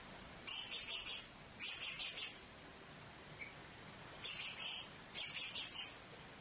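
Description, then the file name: Hanging parrot making four loud, shrill, buzzy chattering calls in two pairs, each about a second long, with a quiet steady high tone behind. "serindit"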